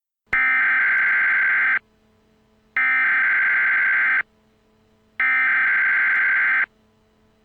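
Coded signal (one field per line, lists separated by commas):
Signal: Emergency Alert System (SAME) tones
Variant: header bursts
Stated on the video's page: Mock EAS volcano eruption warning for Mount Rainier, a simulated bulletin.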